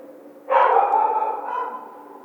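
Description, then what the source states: Coyote howl, starting with a sudden harsh burst that settles into a sustained, slightly wavering tone and then fades. Coyote howling; recorded 1 February 2010.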